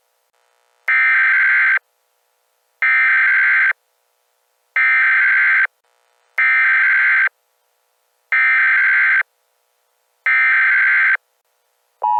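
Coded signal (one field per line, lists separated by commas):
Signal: Emergency Alert System (SAME) tones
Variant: header bursts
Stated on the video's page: Fictional EAS scenario made for fun; SAME tones possibly valid.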